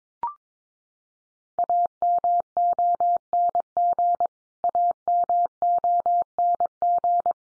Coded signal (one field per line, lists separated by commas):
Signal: Morse code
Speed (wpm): 22 wpm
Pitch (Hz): 700 Hz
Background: none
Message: AMONG AMONG